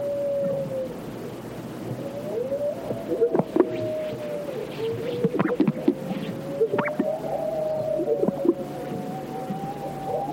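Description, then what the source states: Coyote howling in drawn-out, slightly wavering tones that rise and fall gently. Scattered pops and gulping sounds from other animals run alongside. Coyote howls echoing across the arid sagebrush of California's Great Basin, heard alongside calls of greater sage grouse.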